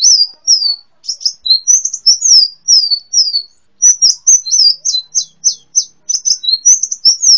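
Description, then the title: Sunbird twittering, high slurred notes and quick chirps in short phrases separated by brief pauses. "kicau kolibri"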